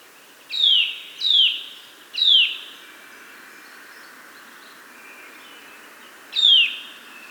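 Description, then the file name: Eurasian nuthatch giving loud, downslurred whistled calls, three in quick succession, then a pause of about four seconds before a fourth, with faint background hiss. "Sitta europaea"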